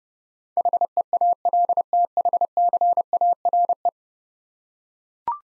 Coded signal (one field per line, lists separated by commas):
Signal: Morse code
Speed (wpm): 32 wpm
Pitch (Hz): 700 Hz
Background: none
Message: HEALTHCARE